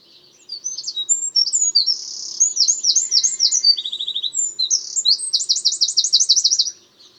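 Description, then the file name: Eurasian Wren song: a long burst of sharp, high notes and rattling trills, racing along for about six seconds before stopping abruptly. "Troglodytes troglodytes"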